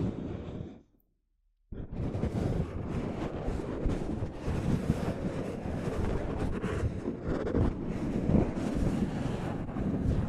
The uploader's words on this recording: ASMR Mic Brushing using Soft Fabric (No Talking).